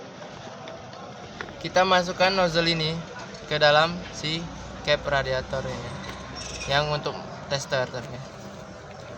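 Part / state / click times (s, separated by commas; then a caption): cooling system pressure tester nozzle onto radiator filler neck / not seated / none. A cooling system pressure tester nozzle is handled at a radiator filler neck while someone talks over a steady low background hum. A few faint short taps come near 0.7 s and 1.4–1.5 s, but the nozzle has not locked onto the neck and nothing has seated or clicked yet.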